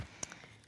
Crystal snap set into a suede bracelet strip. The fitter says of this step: put that tool in place and all we're going to do could you kind of hear that little snap I did